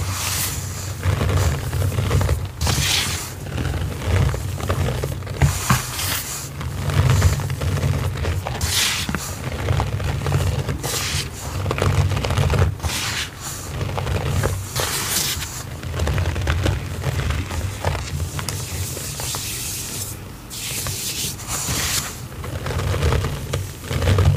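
Thick squishy paste is stirred and worked continuously, with a steady low churning underneath. Bright squeaky bursts of cornstarch pop out every second or two, some sharper around seven, fifteen and twenty-one seconds, over an even, dense mixing texture.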